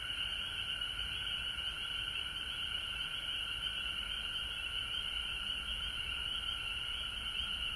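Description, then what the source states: Frogs calling in a steady, dense chorus of layered trills with no gaps. Recorded at home in Georgia on March 19, 2020.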